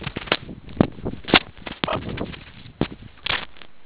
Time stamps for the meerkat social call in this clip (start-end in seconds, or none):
none